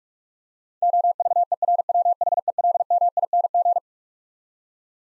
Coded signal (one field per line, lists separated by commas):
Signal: Morse code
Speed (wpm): 46 wpm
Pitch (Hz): 700 Hz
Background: none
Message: OVERWHELMING